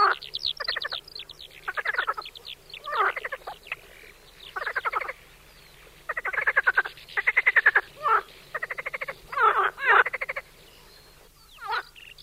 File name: martin zet zaby. skokan skrehotavy